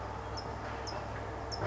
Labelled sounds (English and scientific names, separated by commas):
California Towhee (Melozone crissalis)